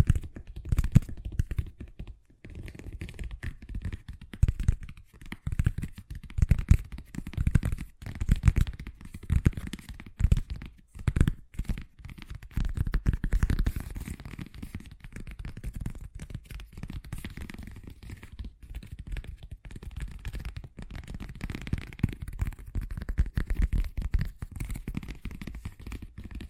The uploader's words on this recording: ASMR Braingasm Inducing Fast Tapping (No Talking).